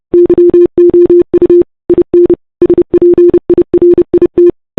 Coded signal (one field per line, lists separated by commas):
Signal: Morse code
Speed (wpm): 30 wpm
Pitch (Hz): 350 Hz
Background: none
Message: YOU IN SPIRIT